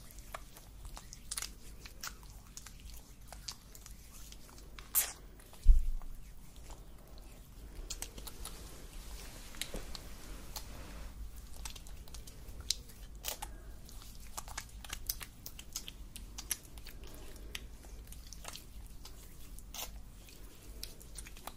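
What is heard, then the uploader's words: Scalp massage: soft, irregular scratchy rubbing with frequent tiny crackles and ticks over a low hum, and a sharper knock near six seconds. ASMR Massaging your Scalp - Layered Sounds & Personal Attention.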